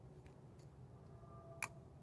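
After its terminal lock is released, a metal wire terminal is pulled out of the plastic connector housing of a Ford EDIS ignition module connector. Against a quiet background with a faint tick near 0.3 s, a sharp, bright click comes at 1.6 s as the terminal comes free of the housing.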